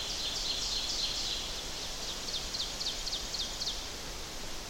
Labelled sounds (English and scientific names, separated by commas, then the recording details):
Ovenbird (Seiurus aurocapilla) song
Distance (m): 80 m
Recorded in boreal forest in Alberta, Canada, on 10 June 2016 at 07:01
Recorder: SongMeter 3, array SBT-3-39
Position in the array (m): 231 m, 95 m
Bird 17